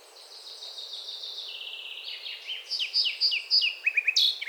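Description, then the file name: Eurasian blackcap song beginning with a soft, scratchy chatter and building into louder, clear whistled notes over steady background hiss. "Sylvia atricapilla"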